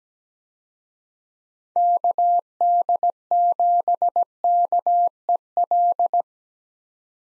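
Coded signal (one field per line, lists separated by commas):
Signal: Morse code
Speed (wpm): 17 wpm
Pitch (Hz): 700 Hz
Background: none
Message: KD7KEL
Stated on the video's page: Morse practice of 6-character US call signs at 17 wpm, each sent, then spoken, then sent again, for head-copy.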